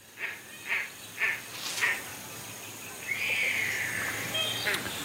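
An Australasian crested grebe (pūteketeke), winner of New Zealand's Bird of the Century vote, gives four short, nasal, quacking calls in an even rhythm, followed by a longer rolling, trilled call that wavers in pitch for nearly two seconds.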